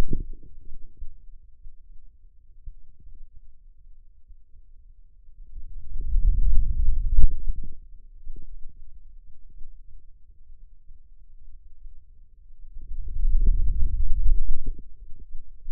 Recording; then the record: forearm muscle sounds (acoustic myography)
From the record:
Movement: wrist extension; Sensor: system 2, bracelet of six BSWA MPA416 microphones around the upper forearm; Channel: 1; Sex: male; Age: 22 years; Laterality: right